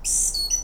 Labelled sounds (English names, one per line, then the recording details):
Stitchbird song
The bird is a male
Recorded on Tiritiri Matangi Island, New Zealand, in 2005
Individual 5, of nest box 6